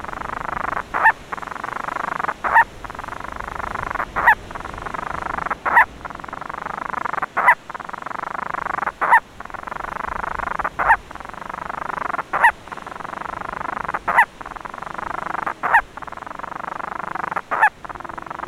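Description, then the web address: Monteiro's storm petrel purring: a long, steady churring trill broken repeatedly by short hiccup-like catches. Vocalizations. "fauna aves aves-marinhas painho-monteiro Vocalizacoes"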